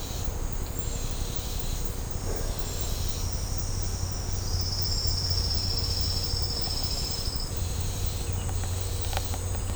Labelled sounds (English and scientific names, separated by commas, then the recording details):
none
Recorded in secondary vegetation near Puerto Asís, Putumayo, Colombia, on 20 December 2024 at 10:00
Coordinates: 0.502, -76.326
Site G028